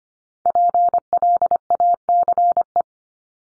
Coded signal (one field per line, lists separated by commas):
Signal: Morse code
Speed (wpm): 25 wpm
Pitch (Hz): 700 Hz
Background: none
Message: PLACE